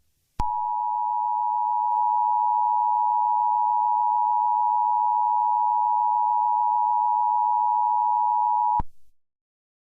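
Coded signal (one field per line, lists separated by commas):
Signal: Emergency Alert System (SAME) tones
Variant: 853 and 960 Hz attention tone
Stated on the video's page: Fictional EAS scenario, not a real alert.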